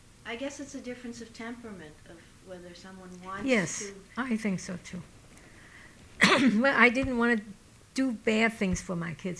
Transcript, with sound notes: I guess it's a difference of temperament, of whether someone wanted to...
Yes. I think so, too. [Coughs] Well, I didn't want to do bad things for my kids.